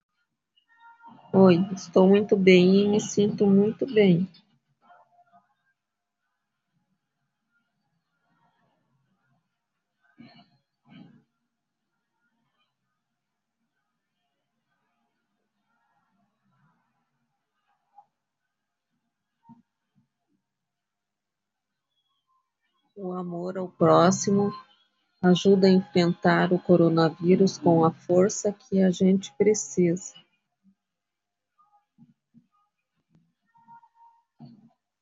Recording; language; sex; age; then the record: spoken sentence; Brazilian Portuguese; female; 50 to 59 years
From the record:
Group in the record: control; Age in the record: 58 years